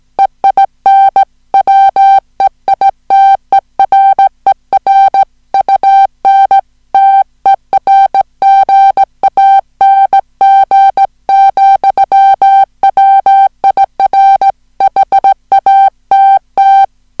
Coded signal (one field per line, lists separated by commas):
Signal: Morse code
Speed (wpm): 17 wpm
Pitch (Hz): 780 Hz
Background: music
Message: EIN WEITERER UNTERGANG, WIR HATT